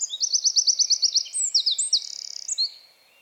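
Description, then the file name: Eurasian wren song, a loud fast trill of high metallic notes followed by a rattling buzzy section and a few final sharp notes. "Troglodytes troglodytes"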